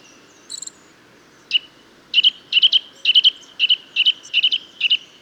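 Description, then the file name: Eurasian nuthatch giving bright, piping notes in pairs and triplets, about two bursts a second, with a brief high squeak at the start. "Sitta europaea"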